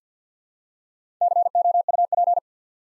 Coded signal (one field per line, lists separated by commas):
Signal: Morse code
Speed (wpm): 50 wpm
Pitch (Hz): 700 Hz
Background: none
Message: COUP